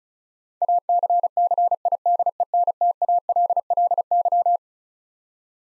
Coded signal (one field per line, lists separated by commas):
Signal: Morse code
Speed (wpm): 36 wpm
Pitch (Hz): 700 Hz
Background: none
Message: ACCIDENTALLY